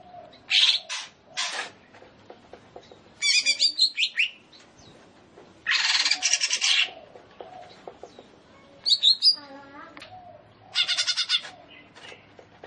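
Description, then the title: Leafbird: harsh rattling chatter and high trilled notes in separate bursts, with pauses between phrases. Singing vigorously and continuously (gacor). "Cucak Ijo Gacor"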